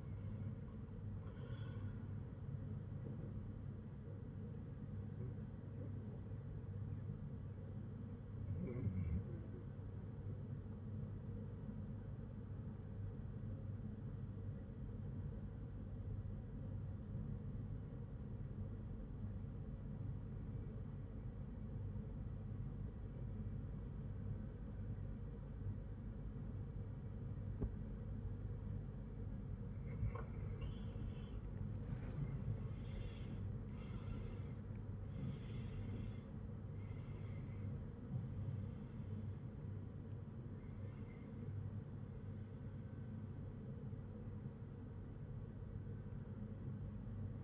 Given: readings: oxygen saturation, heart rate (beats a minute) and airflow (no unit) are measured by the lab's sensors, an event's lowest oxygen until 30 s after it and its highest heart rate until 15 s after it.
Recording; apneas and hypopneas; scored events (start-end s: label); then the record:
breathing in sleep by a smartphone at the bedside; 1
15.00-33.20 s: obstructive apnea (REM, oxygen 96% highest, then 95% lowest, heart rate 57 at the start, 76 highest)
From the record:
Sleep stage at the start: REM sleep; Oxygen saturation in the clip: 94 to 96%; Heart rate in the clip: 54 to 76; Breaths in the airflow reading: 6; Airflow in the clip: -15.1 to 15.2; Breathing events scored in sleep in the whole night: 182 in 7.4 hours asleep